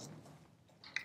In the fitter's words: so those are going to push the barrel until it's all the way back right there you heard it click